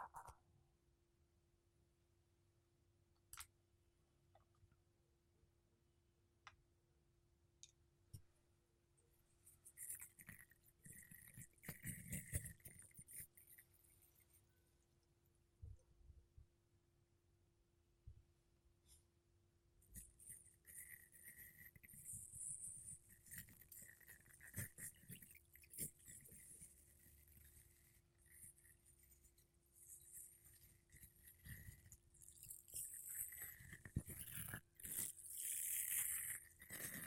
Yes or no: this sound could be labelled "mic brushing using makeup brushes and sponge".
yes